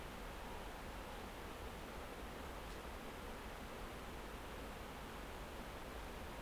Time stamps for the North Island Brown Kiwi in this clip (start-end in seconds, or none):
none